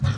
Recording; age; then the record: pig call; growing-finishing pig (85 days or more)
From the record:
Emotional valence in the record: positive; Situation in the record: run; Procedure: transit